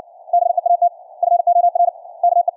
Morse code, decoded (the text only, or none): BEAT FOR KE